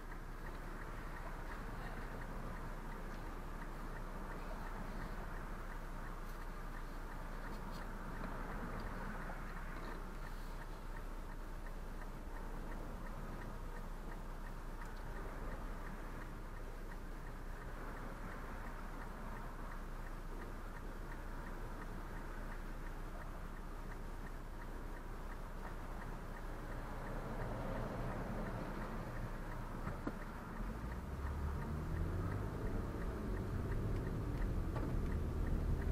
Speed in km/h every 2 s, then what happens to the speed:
0, 0, 0, 0, 0, 0, 0, 0, 0, 0, 0, 0, 0, 0, 0, 0, 13, 15.
0-30 standing. 30-36 pulls away to 15.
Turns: none.